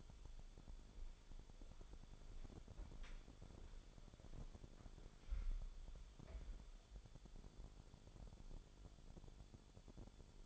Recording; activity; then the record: daily activity, microphone in the room; walk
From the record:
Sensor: 5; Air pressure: 1015.3 hPa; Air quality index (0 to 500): 173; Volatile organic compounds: 6 ppm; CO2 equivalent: 1877 ppm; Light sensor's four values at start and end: 36/83/33/32 and 37/83/34/33